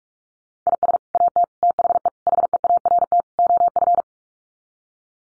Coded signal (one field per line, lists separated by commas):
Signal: Morse code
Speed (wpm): 44 wpm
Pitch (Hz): 700 Hz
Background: none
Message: IS AT THE HEART OF